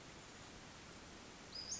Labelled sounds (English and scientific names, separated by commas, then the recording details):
Western Flycatcher (Empidonax difficilis)
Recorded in Sonoma County, California